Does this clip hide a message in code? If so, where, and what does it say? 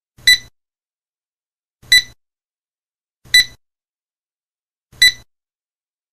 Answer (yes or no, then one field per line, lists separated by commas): no